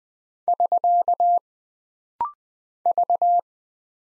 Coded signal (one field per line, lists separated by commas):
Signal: Morse code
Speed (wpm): 20 wpm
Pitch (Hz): 700 Hz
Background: none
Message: <SK> V